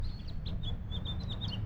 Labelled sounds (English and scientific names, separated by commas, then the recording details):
House Finch (Haemorhous mexicanus) song
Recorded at Lynbrook on Long Island, New York, on 17 June 1975
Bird D